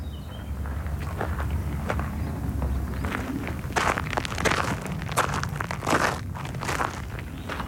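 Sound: footsteps walking outdoors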